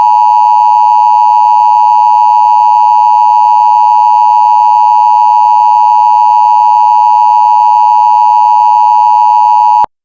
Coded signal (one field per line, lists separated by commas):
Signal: Emergency Alert System (SAME) tones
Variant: 853 and 960 Hz attention tone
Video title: Sandy country (Short￼ EAS Scenario￼)￼